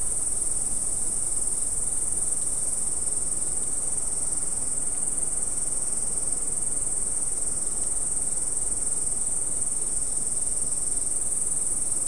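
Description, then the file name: Insect sound: a steady, piercing high trill running without a break from start to end, backed by a low, even background rumble. "mainly insect"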